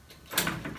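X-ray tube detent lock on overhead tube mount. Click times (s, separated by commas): 0.4 s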